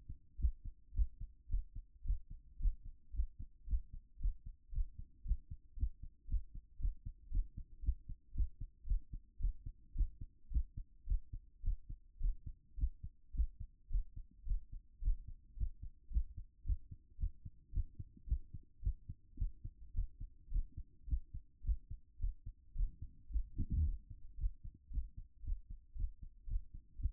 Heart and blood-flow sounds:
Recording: heart sounds by stethoscope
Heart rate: 110 bpm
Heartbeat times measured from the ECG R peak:
0.37 s: heartbeat
0.92 s: heartbeat
1.47 s: heartbeat
2.03 s: heartbeat
2.57 s: heartbeat
3.11 s: heartbeat
3.65 s: heartbeat
4.18 s: heartbeat
4.70 s: heartbeat
5.22 s: heartbeat
5.74 s: heartbeat
6.26 s: heartbeat
6.77 s: heartbeat
7.29 s: heartbeat
7.80 s: heartbeat
8.32 s: heartbeat
8.84 s: heartbeat
9.38 s: heartbeat
9.93 s: heartbeat
10.49 s: heartbeat
11.05 s: heartbeat
11.61 s: heartbeat
12.18 s: heartbeat
12.75 s: heartbeat
13.32 s: heartbeat
13.88 s: heartbeat
14.44 s: heartbeat
15.00 s: heartbeat
15.54 s: heartbeat
16.09 s: heartbeat
16.63 s: heartbeat
17.16 s: heartbeat
17.70 s: heartbeat
18.25 s: heartbeat
18.80 s: heartbeat
19.36 s: heartbeat
19.92 s: heartbeat
20.49 s: heartbeat
21.05 s: heartbeat
21.62 s: heartbeat
22.17 s: heartbeat
22.73 s: heartbeat
23.28 s: heartbeat
23.82 s: heartbeat
24.35 s: heartbeat
24.88 s: heartbeat
25.41 s: heartbeat
25.93 s: heartbeat
26.45 s: heartbeat
26.96 s: heartbeat
From the record:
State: after exercise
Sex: male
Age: 42 years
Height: 186 cm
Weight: 80 kg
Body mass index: 23.12

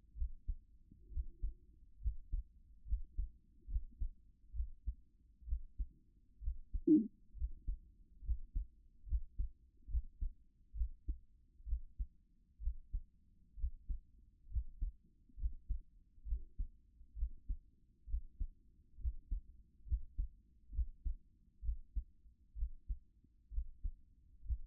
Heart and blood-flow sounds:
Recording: heart sounds by stethoscope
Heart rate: 66 bpm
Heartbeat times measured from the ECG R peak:
0.14 s: heartbeat
1.08 s: heartbeat
1.98 s: heartbeat
2.83 s: heartbeat
3.66 s: heartbeat
4.52 s: heartbeat
5.44 s: heartbeat
6.39 s: heartbeat
7.33 s: heartbeat
8.21 s: heartbeat
9.04 s: heartbeat
9.86 s: heartbeat
10.73 s: heartbeat
11.64 s: heartbeat
12.58 s: heartbeat
13.55 s: heartbeat
14.47 s: heartbeat
15.35 s: heartbeat
16.24 s: heartbeat
17.14 s: heartbeat
18.05 s: heartbeat
18.97 s: heartbeat
19.83 s: heartbeat
20.70 s: heartbeat
21.60 s: heartbeat
22.54 s: heartbeat
23.49 s: heartbeat
24.41 s: heartbeat
From the record:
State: at rest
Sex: female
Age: 31 years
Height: 167 cm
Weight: 61 kg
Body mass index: 21.87

